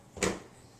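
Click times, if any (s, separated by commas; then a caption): 0.2 s. A mason jar with a blade base taken from another blender and screwed on is flipped upside down and pushed onto a blender motor base. A brief scuffing rise leads into a sharp hit at 0.2 s as the jar locks into place on the base.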